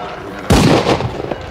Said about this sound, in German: Ich werde mit dem Gewehr in die Luft schießen.